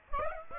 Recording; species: mosquito wingbeat signal from an infrared sensor; Aedes aegypti